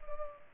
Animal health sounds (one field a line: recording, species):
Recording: mosquito wingbeat signal from an infrared sensor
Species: Culex pipiens